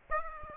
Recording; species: mosquito wingbeat signal from an infrared sensor; Aedes aegypti